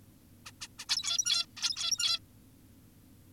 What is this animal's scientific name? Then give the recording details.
Taeniopygia guttata. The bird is an adult. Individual g17y2U